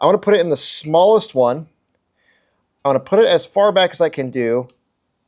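A crimp terminal is being placed as far back as it will go in the smallest die of a ratcheting crimper while someone talks in two stretches with a quiet pause between them. Nothing has clicked or seated yet.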